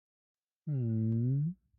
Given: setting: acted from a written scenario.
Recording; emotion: vocal sound without words; sympathy